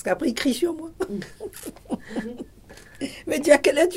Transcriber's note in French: rire